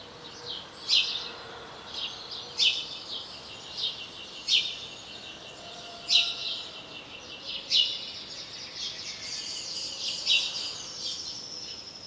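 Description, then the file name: House sparrow giving repeated harsh chirps roughly every one to two seconds over softer twittering. "Passer domesticus"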